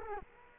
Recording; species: mosquito wingbeat signal from an infrared sensor; Culex quinquefasciatus